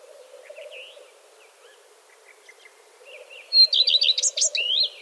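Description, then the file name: Common redstart song: faint scattered notes at first, then a loud burst of quick, bright twittering phrases in the final second and a half, over a steady low hum. "Gartenrotschwanz Gesang"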